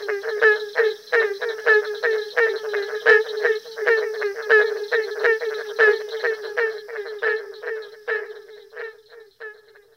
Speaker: Listen to this chorus of barking tree frogs.